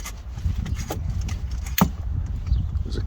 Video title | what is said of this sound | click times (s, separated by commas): BOG Deathgrip 360 shooting chair pt.2/2: field testing and range opinions | a click there now I can lift this out into the barn | 1.8 s